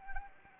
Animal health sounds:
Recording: mosquito wingbeat signal from an infrared sensor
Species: Anopheles arabiensis

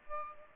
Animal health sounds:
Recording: mosquito wingbeat signal from an infrared sensor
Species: Aedes aegypti

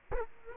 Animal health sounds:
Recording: mosquito wingbeat signal from an infrared sensor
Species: Culex quinquefasciatus

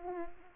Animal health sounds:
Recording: mosquito wingbeat signal from an infrared sensor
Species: Culex quinquefasciatus

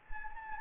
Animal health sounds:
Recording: mosquito wingbeat signal from an infrared sensor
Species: Anopheles gambiae

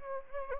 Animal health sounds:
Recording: mosquito wingbeat signal from an infrared sensor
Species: Anopheles gambiae

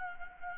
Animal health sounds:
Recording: mosquito wingbeat signal from an infrared sensor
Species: Anopheles gambiae

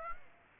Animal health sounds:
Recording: mosquito wingbeat signal from an infrared sensor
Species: Aedes aegypti

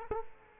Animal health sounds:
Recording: mosquito wingbeat signal from an infrared sensor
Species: Culex quinquefasciatus

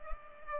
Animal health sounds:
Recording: mosquito wingbeat signal from an infrared sensor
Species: Culex pipiens

